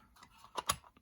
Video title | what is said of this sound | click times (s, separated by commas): Prostreet GB Update. @NYSMODELING | It's already clicked in, but it clicks right across that | 0.7 s